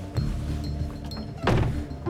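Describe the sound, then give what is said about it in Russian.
Car doors shut with dull, heavy thunks as men get into a car, one around the start and a louder one midway, over a low steady rumble; no one speaks. “Стас и Глеб тоже садятся в машину.”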